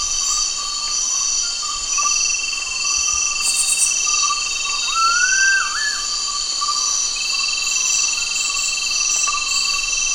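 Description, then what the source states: Gould's frogmouth whistles once, a rising note that flattens and finishes in a short hook, with a persistent high insect chorus behind it. Recorded at Danum, Borneo, on 1 August 2009.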